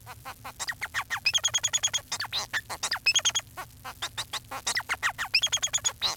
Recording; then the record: song of a male Bengalese finch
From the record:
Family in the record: son of father 4